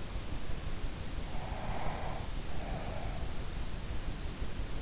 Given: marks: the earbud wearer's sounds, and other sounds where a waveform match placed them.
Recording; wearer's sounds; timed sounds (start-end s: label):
sounds in sleep by an in-ear microphone; breath
1.51-3.91 s: breath